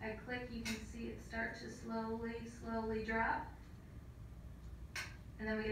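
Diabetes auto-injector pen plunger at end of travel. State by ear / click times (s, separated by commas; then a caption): seated / 5.0 s. A plastic diabetes auto-injector pen is pressed against the skin in a demonstration with its green button held down while the plunger slowly drops, and someone talks throughout. At 5.0 s the pen gives a sharp second click as the plunger reaches the end of its travel, marking that the dose is finished.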